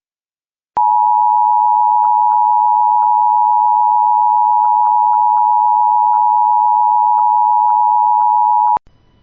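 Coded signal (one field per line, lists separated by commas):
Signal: Emergency Alert System (SAME) tones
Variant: 853 and 960 Hz attention tone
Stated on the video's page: Recreation of an alert with valid EAS tones, shown with a U-Verse TV popup message.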